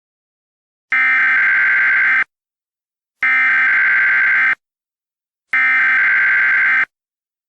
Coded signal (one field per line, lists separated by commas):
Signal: Emergency Alert System (SAME) tones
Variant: header bursts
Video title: EAS Scenario: Neutralized